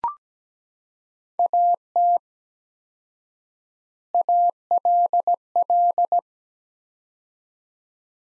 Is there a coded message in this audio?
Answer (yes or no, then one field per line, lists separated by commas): yes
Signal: Morse code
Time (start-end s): 1.4-6.2 s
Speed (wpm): 17 wpm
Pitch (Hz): 700 Hz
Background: none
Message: AT ALL